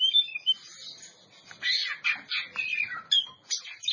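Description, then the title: Oriental magpie-robin song in short bursts: clear whistles, a slurred descending warble and scratchy notes, separated by brief gaps. Champion bird. "Kicau Burung Kacer Juara"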